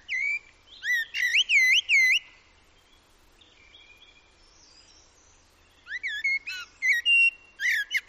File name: Common Blackbird